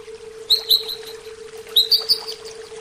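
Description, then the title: Oriental magpie-robin song, two brief phrases of clear high whistles with short trailing notes, separated by a pause, a low steady hum running throughout. "Kicau Kacer"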